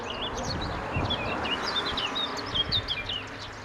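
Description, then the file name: Eurasian blackcap song, a lively run of fluty warbled notes and short whistles over steady background noise with soft low thuds. "Sylvia atricapilla"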